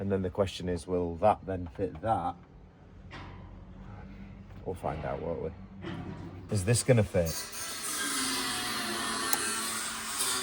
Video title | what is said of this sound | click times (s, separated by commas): MR HEWES Mercedes OM606 into Landrover Defender Engine Swap by Dieselpumpuk Part 1 | I think it did. It gave like a positive click. | 9.3 s